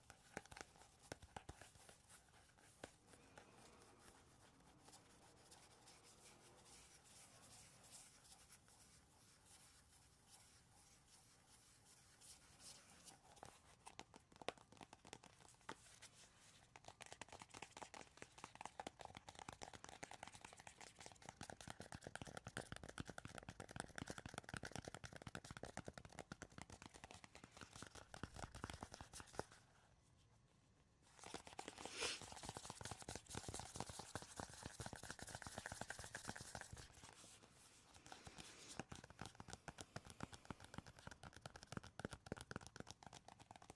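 Tapping and scratching on wood, cork and cardboard with no talking, built from dense, rapid clicks and rubbing strokes. Quieter and sparser for the first fifteen seconds, then louder and busier scratching, with a brief near-silent pause around thirty seconds.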